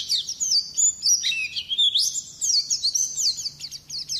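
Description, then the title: Bird song, continuous fast warbling of high sweeping whistles and chirps, varied and jumbled, running almost without pause. "Kicau Burung"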